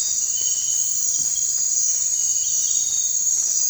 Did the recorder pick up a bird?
no